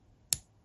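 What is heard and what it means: In a P320 pistol fire control unit, the trigger is slowly released after firing until the sear falls back in front of the trigger bar with a single sharp click at 0.3 s. The trigger has fully reset and the gun is ready to fire again.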